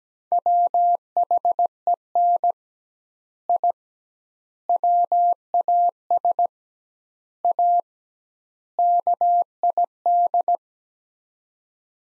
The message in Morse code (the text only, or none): WHEN I WAS A KID